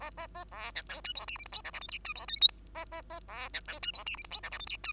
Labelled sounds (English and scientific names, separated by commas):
Bengalese Finch (Lonchura striata domestica) song